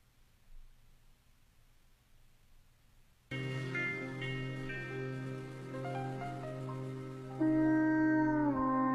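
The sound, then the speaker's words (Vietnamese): After a few seconds of near silence, a long, sustained wolf howl begins in the still night, steady and rich in overtones, shifting pitch slightly and swelling louder toward the end, followed by dogs barking repeatedly. “Tiếng chó sói tru kéo dài vang lên trong màn đêm tịch mịch, liên tiếp theo đó là tiếng chó sủa liên hồi, làm cho ông giáo Minh giật mình tỉnh giấc.”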